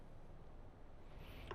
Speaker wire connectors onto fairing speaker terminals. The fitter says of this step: bigger is negative smaller is positive go ahead and get those plugged in till you hear the click